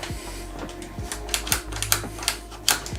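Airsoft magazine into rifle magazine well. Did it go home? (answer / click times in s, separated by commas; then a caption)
no / none. A third-party Rossi magazine is pushed repeatedly into the magazine well of a G&G Armament SGR556 G3 airsoft M4 AEG rifle. Sharp plastic-on-metal knocks sound at about 1.3, 1.5, 1.8, 1.9, 2.3 and 2.7 seconds. None of them is a latch, and the magazine has not locked in or clicked into place.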